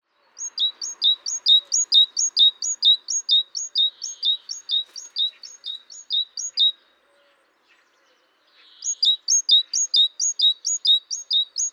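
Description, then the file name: Great tit: long run of high, sharp two-note phrases repeated steadily, then silence, then the same pattern starts again. "Parus major"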